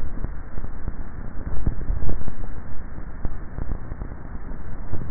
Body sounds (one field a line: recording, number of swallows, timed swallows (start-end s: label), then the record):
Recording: swallowing sounds by neck microphone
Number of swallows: 1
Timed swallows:
1.42-2.15 s: swallow
From the record:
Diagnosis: dysphagia